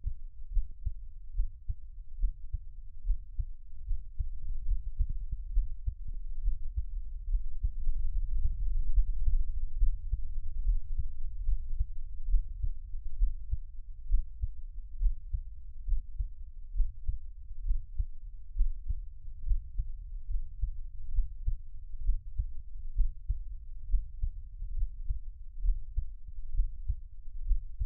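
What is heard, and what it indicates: Steady low heartbeat thumps at about 66 beats a minute, heard close up, with no talking.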